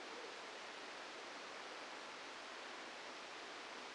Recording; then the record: brain microelectrode recording played as sound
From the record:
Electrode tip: outside the subthalamic nucleus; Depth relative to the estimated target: 4 mm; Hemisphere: right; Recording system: NeuroSet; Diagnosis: Parkinson's disease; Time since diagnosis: 8 years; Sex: male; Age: 65 years